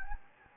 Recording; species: mosquito wingbeat signal from an infrared sensor; Anopheles gambiae